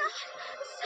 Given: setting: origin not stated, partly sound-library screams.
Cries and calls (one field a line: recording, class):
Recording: one-second piece from a danger detection set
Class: woman in danger